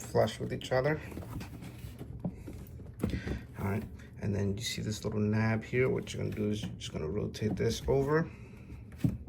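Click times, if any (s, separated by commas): none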